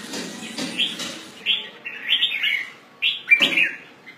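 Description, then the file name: Red-whiskered bulbul calls: short bright warbled chirps around mid-high pitch, given in bursts with brief pauses, with a low rumbling background. "Pycnonotus jocosus"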